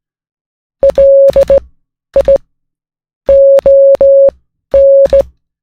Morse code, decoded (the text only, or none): LION